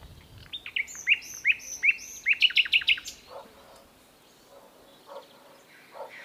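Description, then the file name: Common nightingale singing a phrase of rising whistled notes that speeds into a fast repeated series, then fades to faint softer chirps. "Luscinia megarhynchos"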